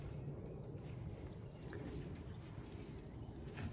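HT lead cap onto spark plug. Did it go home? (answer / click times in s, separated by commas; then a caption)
yes / 1.7 s. An HT lead cap is pushed down onto a spark plug terminal in an engine bay, near the fuel pump, over steady low background noise with faint bird-like chirps. A small sharp click at 1.7 s marks the cap snapping home, seating onto the plug.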